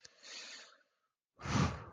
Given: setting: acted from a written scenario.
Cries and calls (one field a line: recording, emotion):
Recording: vocal sound without words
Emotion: disappointment